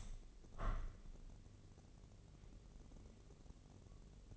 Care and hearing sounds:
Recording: daily activity, microphone in the room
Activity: open window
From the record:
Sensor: 4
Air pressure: 1013.1 hPa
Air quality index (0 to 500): 166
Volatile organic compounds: 2 ppm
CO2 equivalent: 1052 ppm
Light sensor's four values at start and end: 40/97/39/40 and 41/99/41/41

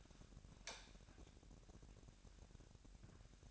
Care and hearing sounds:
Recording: daily activity, microphone in the room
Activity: light on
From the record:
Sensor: 2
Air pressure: 1011.8 hPa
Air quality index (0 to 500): 213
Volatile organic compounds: 3 ppm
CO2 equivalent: 1499 ppm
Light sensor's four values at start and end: 12/27/12/12 and 16/44/18/19

